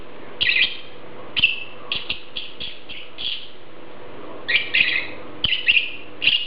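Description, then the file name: Lovebird chirping, shrill squeaky notes in short groups separated by brief pauses, low hum beneath. "Prostaya fauna Golosa ptic - Nerazluchniki lat Agapornis (Zvyki com)"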